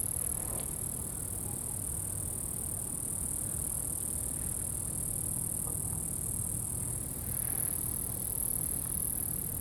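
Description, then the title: Crickets: a sustained high trill runs the whole way, growing a little brighter near the end, with persistent wind noise. Crickets recorded at Atins, Brazil, with wind in the background. "Atins, Brésil - Grillons - Crickets"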